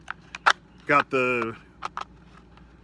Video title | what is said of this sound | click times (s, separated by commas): YWBD Holsters - what’s on your hip? | once you get it inside has a nice satisfying click uh oh | 0.5 s